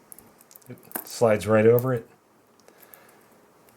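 A slotted cap on a mounting bolt of a Cooler Master Nepton 240M CLC CPU cooler backplate is handled and slid over the bolt toward its locked position for the Intel mount, with light clicks and taps of the part in the first half-second and again near the end while someone talks in between. Nothing has seated or clicked into place yet.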